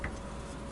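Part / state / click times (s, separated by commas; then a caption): figure's beak piece into the head assembly / seated / 0.0 s. The beak piece of a plastic Planet X PX-02 Caelus (Swoop) transforming robot figure is folded down over the head during transformation, giving a short, sharp click at 0.0 s as it locks into place in the head assembly. The beak is seated, and another brief, louder tap follows near the end of the clip.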